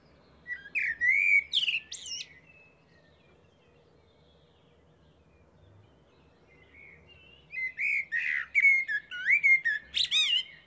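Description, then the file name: Common blackbird giving two song phrases separated by several seconds of quiet: rich, fluting warbles each finished with thin, high squeaky twitters. "Turdus merula"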